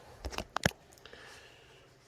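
The flip-lever leg locks on the legs of an Endurax 67" video camera tripod are snapped closed. After a couple of softer handling taps, two sharp, bright clicks land at 0.6 s and 0.7 s, followed by faint rattles and a low hiss. The locks seat with positive, solid-sounding clicks.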